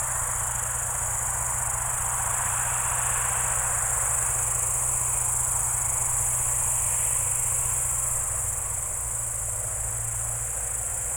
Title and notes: Spalona Pass - crickets and haymaking. Przełęcz Spalona w Górach Bystrzyckich. wieczorne świerszcze